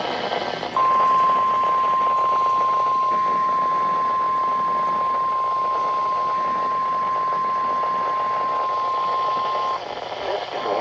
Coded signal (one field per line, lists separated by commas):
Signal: Emergency Alert System (SAME) tones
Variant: 1050 Hz attention tone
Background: speech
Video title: 12/24/25 - KHB38 & WXJ94 Required Weekly Tests (Christmas Eve Edition!) (EAS #1361 & EAS #1362)